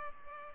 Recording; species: mosquito wingbeat signal from an infrared sensor; Culex pipiens